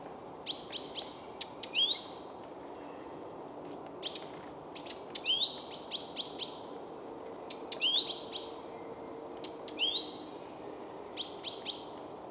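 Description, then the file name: Great tit calling in repeated clusters of high clipped notes and buzzy slurred elements, bursts recurring every second or two above constant low rumbling noise. "Parus major"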